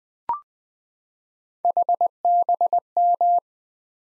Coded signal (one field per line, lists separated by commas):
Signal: Morse code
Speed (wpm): 20 wpm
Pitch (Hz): 700 Hz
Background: none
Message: HBM